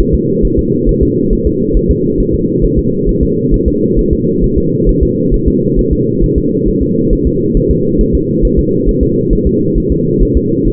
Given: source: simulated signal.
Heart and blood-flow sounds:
fetal heart sounds
0.00 s: S1
0.14 s: S2
0.45 s: S1
0.59 s: S2
0.89 s: S1
1.03 s: S2
1.33 s: S1
1.47 s: S2
1.77 s: S1
1.91 s: S2
2.20 s: S1
2.34 s: S2
2.64 s: S1
2.79 s: S2
3.09 s: S1
3.23 s: S2
3.54 s: S1
3.68 s: S2
3.99 s: S1
4.13 s: S2
4.44 s: S1
4.58 s: S2
4.89 s: S1
5.03 s: S2
5.34 s: S1
5.48 s: S2
5.79 s: S1
5.93 s: S2
6.24 s: S1
6.38 s: S2
6.68 s: S1
6.82 s: S2
7.13 s: S1
7.27 s: S2
7.57 s: S1
7.71 s: S2
8.01 s: S1
8.15 s: S2
8.45 s: S1
8.59 s: S2
8.89 s: S1
9.03 s: S2
9.33 s: S1
9.47 s: S2
9.78 s: S1
9.92 s: S2
10.23 s: S1
10.37 s: S2
10.67 s: S1
From the record:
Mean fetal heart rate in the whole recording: 135 bpm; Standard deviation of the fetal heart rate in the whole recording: 3 bpm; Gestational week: 36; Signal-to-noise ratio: -11.2 dB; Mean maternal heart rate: 72 bpm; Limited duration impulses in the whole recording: present

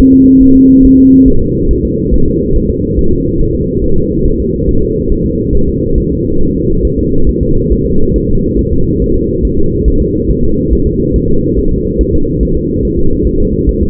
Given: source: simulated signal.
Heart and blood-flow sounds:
fetal heart sounds
0.00 s: S1
0.14 s: S2
0.43 s: S1
0.56 s: S2
0.85 s: S1
0.99 s: S2
1.28 s: S1
1.42 s: S2
1.71 s: S1
1.85 s: S2
2.14 s: S1
2.28 s: S2
2.56 s: S1
2.70 s: S2
2.99 s: S1
3.13 s: S2
3.41 s: S1
3.55 s: S2
3.84 s: S1
3.98 s: S2
4.26 s: S1
4.40 s: S2
4.69 s: S1
4.83 s: S2
5.12 s: S1
5.26 s: S2
5.55 s: S1
5.69 s: S2
5.98 s: S1
6.12 s: S2
6.41 s: S1
6.55 s: S2
6.85 s: S1
6.99 s: S2
7.29 s: S1
7.43 s: S2
7.72 s: S1
7.86 s: S2
8.16 s: S1
8.30 s: S2
8.59 s: S1
8.73 s: S2
9.02 s: S1
9.16 s: S2
9.45 s: S1
9.59 s: S2
9.88 s: S1
10.02 s: S2
10.30 s: S1
10.44 s: S2
10.73 s: S1
10.87 s: S2
11.16 s: S1
11.30 s: S2
11.59 s: S1
11.73 s: S2
12.01 s: S1
12.15 s: S2
12.43 s: S1
12.57 s: S2
12.85 s: S1
12.99 s: S2
13.27 s: S1
13.41 s: S2
13.69 s: S1
13.83 s: S2
From the record:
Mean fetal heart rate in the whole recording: 140 bpm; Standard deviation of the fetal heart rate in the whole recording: 2 bpm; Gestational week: 34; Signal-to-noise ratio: -17.7 dB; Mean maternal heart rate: 72 bpm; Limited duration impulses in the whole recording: present

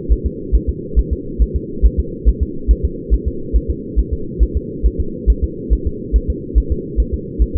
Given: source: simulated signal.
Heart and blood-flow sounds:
fetal heart sounds
0.12 s: S1
0.26 s: S2
0.55 s: S1
0.69 s: S2
0.99 s: S1
1.13 s: S2
1.42 s: S1
1.56 s: S2
1.86 s: S1
2.00 s: S2
2.29 s: S1
2.43 s: S2
2.71 s: S1
2.85 s: S2
3.14 s: S1
3.28 s: S2
3.56 s: S1
3.70 s: S2
3.99 s: S1
4.13 s: S2
4.43 s: S1
4.57 s: S2
4.86 s: S1
5.00 s: S2
5.30 s: S1
5.44 s: S2
5.73 s: S1
5.87 s: S2
6.16 s: S1
6.30 s: S2
6.58 s: S1
6.72 s: S2
7.00 s: S1
7.14 s: S2
7.42 s: S1
7.56 s: S2
From the record:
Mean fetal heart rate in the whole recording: 140 bpm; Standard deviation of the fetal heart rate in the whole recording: 2 bpm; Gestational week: 34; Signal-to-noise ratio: -4.3 dB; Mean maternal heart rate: 72 bpm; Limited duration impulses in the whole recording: absent

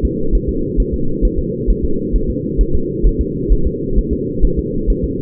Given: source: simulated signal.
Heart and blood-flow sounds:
fetal heart sounds
0.05 s: S2
0.35 s: S1
0.49 s: S2
0.80 s: S1
0.94 s: S2
1.25 s: S1
1.39 s: S2
1.70 s: S1
1.84 s: S2
2.16 s: S1
2.30 s: S2
2.61 s: S1
2.75 s: S2
3.07 s: S1
3.21 s: S2
3.53 s: S1
3.67 s: S2
3.99 s: S1
4.13 s: S2
4.45 s: S1
4.59 s: S2
4.90 s: S1
5.04 s: S2
From the record:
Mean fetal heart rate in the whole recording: 135 bpm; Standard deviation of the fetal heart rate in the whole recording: 3 bpm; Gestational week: 36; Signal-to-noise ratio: -8.1 dB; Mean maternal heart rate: 72 bpm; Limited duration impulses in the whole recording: absent

